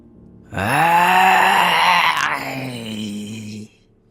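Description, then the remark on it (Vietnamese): A deep, roaring growl from three figures rises suddenly and holds loud and steady for about three seconds, its low pitch dipping slightly partway through before it cuts off abruptly. “Tiếng gầm thét trầm đục vọng ra từ ba kẻ đó.”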